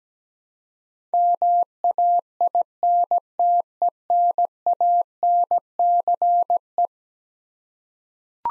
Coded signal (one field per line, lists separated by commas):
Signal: Morse code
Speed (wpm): 17 wpm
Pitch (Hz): 700 Hz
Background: none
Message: MAINTENANCE